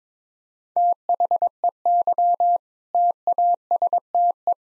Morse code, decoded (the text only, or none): THEY TASTE